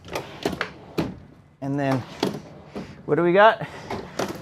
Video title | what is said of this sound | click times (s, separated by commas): Tiffin Allegro Red 37PA | and then these let me so this will lock into place while you're driving | 0.6 s